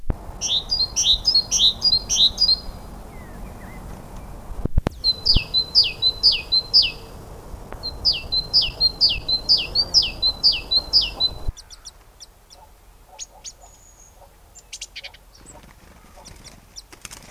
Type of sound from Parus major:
call